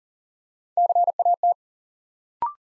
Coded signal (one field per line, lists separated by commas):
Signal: Morse code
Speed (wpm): 39 wpm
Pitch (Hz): 700 Hz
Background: none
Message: CAT